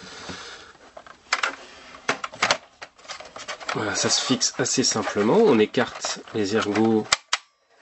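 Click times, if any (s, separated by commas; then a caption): 7.3 s. The two small removable plastic lugs of a vertical stand are spread apart and locked onto a ZOTAC MAG mini PC case while someone talks, with a few handling clicks before. A single sharp snap at 7.3 s locks the stand in place, and it is now properly fitted and no longer moves at all.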